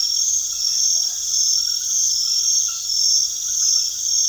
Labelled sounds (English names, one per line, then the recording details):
none
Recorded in secondary vegetation near Puerto Asís, Putumayo, Colombia, on 21 February 2024 at 00:00
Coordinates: 0.500, -76.326
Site G6428